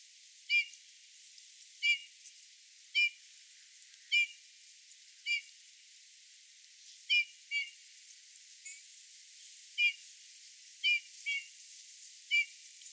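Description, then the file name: Eurasian bullfinch calls: short, piping whistled notes, each slightly bending in pitch, repeated roughly once a second, about a dozen times, over a steady background hiss. "Pyrrhula pyrrhula"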